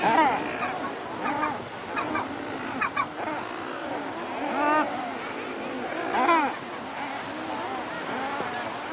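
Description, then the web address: Thick-billed murre colony calling, a dense chorus of harsh, growling, harmonic calls overlapping continuously, with a few louder arching calls standing out. "earth naturelibrary assets t th thick-billed murre"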